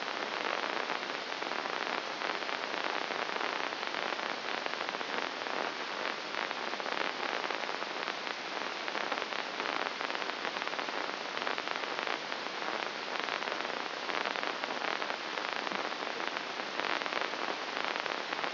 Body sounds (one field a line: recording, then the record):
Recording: brain microelectrode recording played as sound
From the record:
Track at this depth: inside the subthalamic nucleus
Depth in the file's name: 4.102 mm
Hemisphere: left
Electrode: 2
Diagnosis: Parkinson's disease